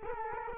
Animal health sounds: mosquito wingbeat signal from an infrared sensor; Culex quinquefasciatus

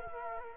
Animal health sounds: mosquito wingbeat signal from an infrared sensor; Culex quinquefasciatus

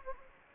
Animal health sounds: mosquito wingbeat signal from an infrared sensor; Anopheles gambiae

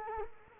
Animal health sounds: mosquito wingbeat signal from an infrared sensor; Culex quinquefasciatus

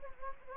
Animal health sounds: mosquito wingbeat signal from an infrared sensor; Anopheles gambiae

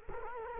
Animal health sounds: mosquito wingbeat signal from an infrared sensor; Culex quinquefasciatus

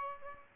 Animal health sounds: mosquito wingbeat signal from an infrared sensor; Aedes albopictus

